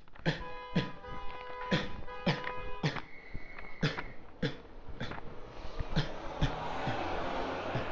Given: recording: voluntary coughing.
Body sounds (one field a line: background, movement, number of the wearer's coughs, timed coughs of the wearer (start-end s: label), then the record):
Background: traffic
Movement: walking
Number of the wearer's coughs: 11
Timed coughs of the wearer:
0.24-0.50 s: cough
0.73-1.04 s: cough
1.69-1.96 s: cough
2.24-2.50 s: cough
2.81-3.08 s: cough
3.80-4.16 s: cough
4.40-4.67 s: cough
4.88-5.25 s: cough
5.94-6.18 s: cough
6.86-7.25 s: cough
7.72-7.86 s: cough
From the record:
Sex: male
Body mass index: 23.7 kg/m2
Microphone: on the chest, facing outward